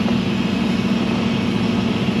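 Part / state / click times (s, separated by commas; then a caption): fuel filter part onto its filter housing or base on a compact track loader / not seated / none. A fuel filter part is pressed onto its housing or base during a diesel fuel filter replacement on a CAT 289D3 compact track loader. Only a steady, low, broadband drone with a hum near 200 Hz is heard throughout, with no sudden sounds. The part fits on without the expected snap, and nothing has clicked or seated audibly.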